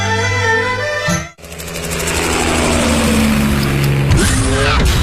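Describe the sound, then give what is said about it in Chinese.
A powerful V8 sports car engine, an all-aluminium petrol engine on a full-time four-wheel-drive car with a top speed over 300 km/h, idles with a deep rumble, cuts out for a split second, then roars back loudly and revs higher, its pitch climbing near the end. No one speaks. “车身线条大胆前卫，配备 V8 引擎，全时四驱系统，全铝汽油发动机，最高时速超过每小时300公里”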